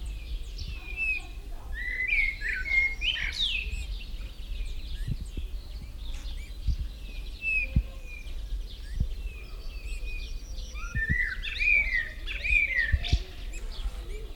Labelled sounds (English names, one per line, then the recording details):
Common Blackbird
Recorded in the wild
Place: Serrahn, Mecklenburg-Vorpommern, DE
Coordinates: 53.6673, 12.3475
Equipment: NAGRA III BH, Sennheiser MD21
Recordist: Schubert, Michael